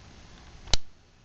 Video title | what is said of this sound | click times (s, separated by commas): 2011 Kawasaki ZX-6R Spark Plug Change | and when you push that back into place you will hear it click | 0.7 s